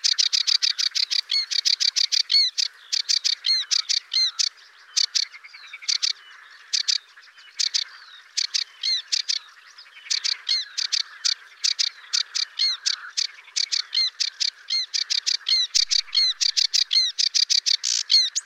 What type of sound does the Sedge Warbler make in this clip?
song